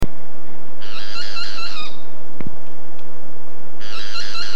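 Boat-billed flycatcher gives a rasping, trilled call lasting about a second, a brief click in between, then the call starts again, with constant hiss behind.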